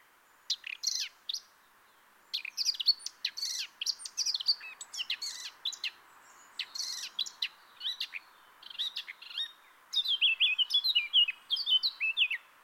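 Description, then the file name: Eurasian blackcap song: scratchy chattering phrases repeated with short pauses, ending in a run of clearer, fluty whistles. "Sylvia atricapilla"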